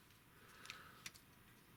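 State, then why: Not seated. A plastic toy robot's panel part with a plastic tab is handled during transformation, flipped toward its mating slot. Small ticks are heard near 0.7 s and 1.1 s, but nothing has seated or clicked yet.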